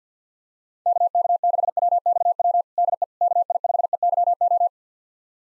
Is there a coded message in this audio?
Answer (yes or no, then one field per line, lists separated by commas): yes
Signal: Morse code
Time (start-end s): 0.9-4.7 s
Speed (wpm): 50 wpm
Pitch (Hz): 700 Hz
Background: none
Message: KK6WXW DE KI5EYO